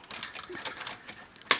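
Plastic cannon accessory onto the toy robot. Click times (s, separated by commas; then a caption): 1.5 s. Light plastic taps and rattles come as the large plastic cannon accessory is set up on a DX Brave Command Dagwon toy robot. At 1.5 s a loud, sharp plastic click sounds as the cannon snaps on and seats.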